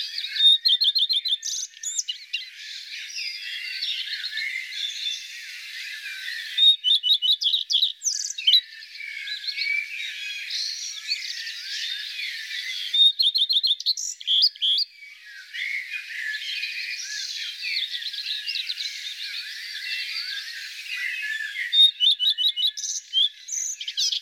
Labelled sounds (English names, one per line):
Common Redstart song